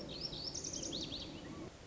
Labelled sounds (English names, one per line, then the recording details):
Lazuli Bunting
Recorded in Sonoma County, California